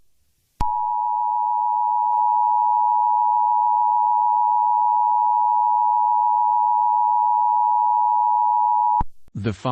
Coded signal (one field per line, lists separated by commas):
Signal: Emergency Alert System (SAME) tones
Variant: 853 and 960 Hz attention tone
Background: speech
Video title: EAS Scenario 5 - Zombie Apocalypse (PT 3 - The End)